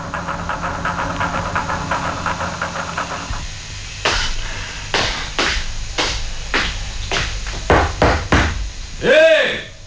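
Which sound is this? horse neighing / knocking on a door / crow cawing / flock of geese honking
knocking on a door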